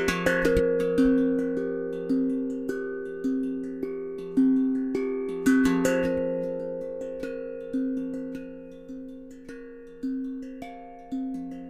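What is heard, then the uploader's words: A tone drum is struck in a slow, steady melody, each note ringing out clearly and fading before the next, roughly every half second to second. Notes sit in a warm middle register with bright overtones, and a cluster of quick strikes comes near the start and again around six seconds. The Cloth Magician Playing a Tone Drum. The one that I am playing is an F Minor. Sound recording of a Tone Drum.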